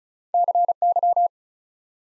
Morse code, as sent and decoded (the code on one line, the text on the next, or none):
-.-. -.--
CY